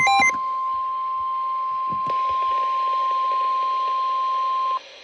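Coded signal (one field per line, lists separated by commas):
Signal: Emergency Alert System (SAME) tones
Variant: 1050 Hz attention tone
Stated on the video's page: Compilation of EAS alerts received on a new radio.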